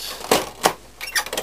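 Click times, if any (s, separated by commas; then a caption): 0.3 s, 0.7 s. The plastic outer housing of an R265 printer is pried against its snap-fit clips, which pop out with sharp plastic snaps at 0.3 s and 0.7 s. Fainter clatter follows around 1.2–1.4 s as the cover comes off, leaving the housing released.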